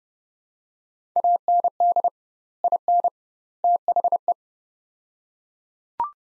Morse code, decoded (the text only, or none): AND IN THE